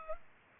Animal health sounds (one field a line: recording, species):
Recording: mosquito wingbeat signal from an infrared sensor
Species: Culex pipiens